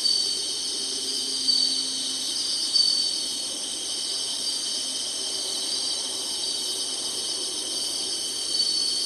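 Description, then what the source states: Insects keep up a constant high-pitched hiss-like chorus, broken by a few brief, sharper chirps near the start and again close to the end. Singing, in summer.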